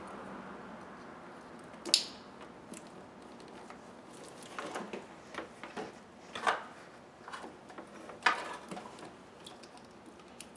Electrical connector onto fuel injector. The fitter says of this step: thing we're going to do is we're going to plug our injectors back in and listen for that snap.